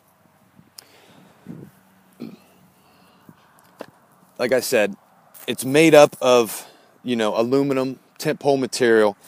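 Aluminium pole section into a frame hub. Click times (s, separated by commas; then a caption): 0.8 s. A shock-corded aluminium pole section of a folding chair frame is fitted into a hub, and it seats with a sharp snap at 0.8 s. A few fainter knocks follow, then someone talks.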